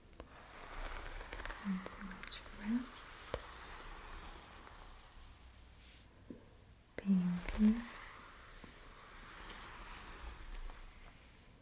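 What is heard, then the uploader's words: Soft brushing and handling of silky hair, a steady gentle rustle filling the background throughout. A few low soft thumps fall around two to three seconds and again near seven to eight seconds, with occasional light clicks and taps in between. Sounds and visuals of silky hair being brushed and pinned up with beautiful hair accessories. Gentle hand movements.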